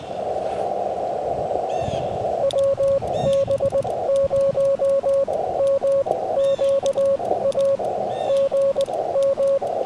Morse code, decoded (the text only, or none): WB0MQA GM